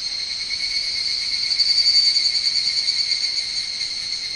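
Higurashi cicada, shrill continuous trilling with a quick, even throb, rising to a louder peak around two seconds and then easing slightly.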